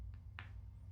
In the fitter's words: might have to retake it off and put it back on, but you just basically pop it in. You should hear a pop.